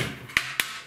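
The clipped-on top cover of a plastic Sansco CCTV DVR recorder box is tugged free so the hard drive can be reached. Two sharp snaps ring out at 0.4 s and 0.6 s as the clips release. The cover comes off the housing.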